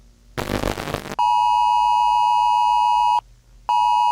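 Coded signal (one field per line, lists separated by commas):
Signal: Emergency Alert System (SAME) tones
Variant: 853 and 960 Hz attention tone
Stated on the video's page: Fictional scenario about a comet impact using valid alert tones assembled from others' clips.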